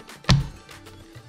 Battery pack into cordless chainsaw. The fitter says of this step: let's fit it in and you'll see that it makes a click it stays